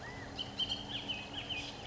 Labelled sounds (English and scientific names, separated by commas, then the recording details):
Bullock's Oriole (Icterus bullockii)
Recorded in Sonoma County, California